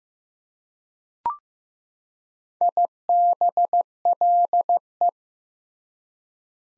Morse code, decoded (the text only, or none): IBLE